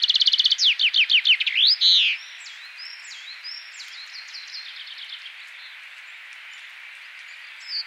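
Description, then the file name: Common chaffinch song: a fast series of high notes falling through a trill to an emphatic end flourish, then soft faint notes trailing off. "Fringilla coelebs"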